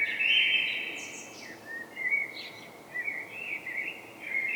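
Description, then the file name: Common blackbird singing a run of mellow warbled notes broken by thin, squeaky high twitters, continuing almost without pause; light background hiss. "Turdus merula"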